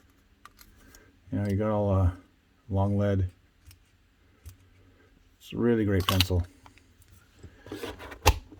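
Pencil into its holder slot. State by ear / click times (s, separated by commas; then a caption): seated / 8.3 s. Someone talks, then a carpenter-style pencil is pushed into its holder slot on the loadout and seats with a sharp click at 8.3 s, after a few faint small ticks. The pencil locks in place so it can be pulled out and put back in.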